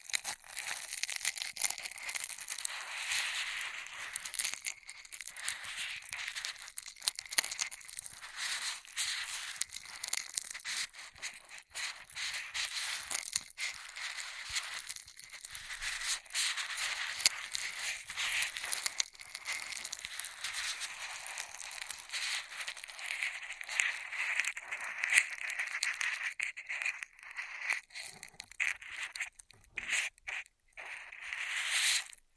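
Straws are rustled, tapped and crinkled in a fast, dense stream of crisp clicks and crackles lasting the whole half minute. The sound stays bright and papery with little low end, with brief pauses near 15 and 29 seconds before the crinkling resumes.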